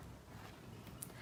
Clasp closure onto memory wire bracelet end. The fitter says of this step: and wiggle it back and forth until you hear it click and you can see that it's closed all the way.